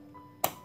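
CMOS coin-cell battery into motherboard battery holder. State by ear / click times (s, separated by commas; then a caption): seated / 0.4 s. A coin-cell CMOS battery is pressed down into its motherboard socket until it locks under the black plastic retaining tab. A sharp clack is heard at 0.4 s over a quiet hum, and the battery is firmly seated.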